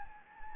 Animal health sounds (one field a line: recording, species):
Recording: mosquito wingbeat signal from an infrared sensor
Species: Anopheles gambiae